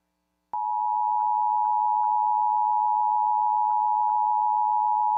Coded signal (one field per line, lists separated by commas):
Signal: Emergency Alert System (SAME) tones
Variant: 853 and 960 Hz attention tone